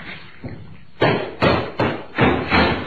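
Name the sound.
knocking on a door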